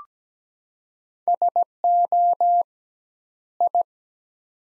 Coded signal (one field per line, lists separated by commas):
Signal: Morse code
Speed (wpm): 17 wpm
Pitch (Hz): 700 Hz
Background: none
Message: SO I